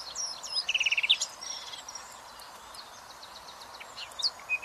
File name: Luscinia megarhynchos